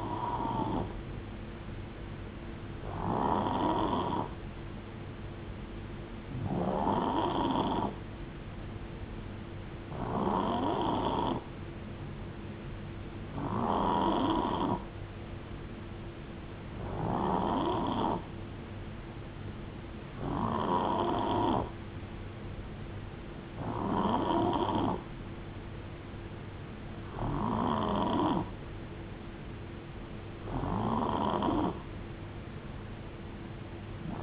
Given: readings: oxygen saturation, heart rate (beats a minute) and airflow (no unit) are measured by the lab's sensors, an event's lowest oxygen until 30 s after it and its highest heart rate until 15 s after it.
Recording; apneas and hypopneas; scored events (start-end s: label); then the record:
breathing in sleep by a voice recorder at the bedside; none
none scored
From the record:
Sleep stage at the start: N3 (deep sleep); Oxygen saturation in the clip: 90 to 91%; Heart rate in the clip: 56 to 75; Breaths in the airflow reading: 10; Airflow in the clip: -7.8 to 4.2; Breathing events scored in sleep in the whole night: 389 in 6.3 hours asleep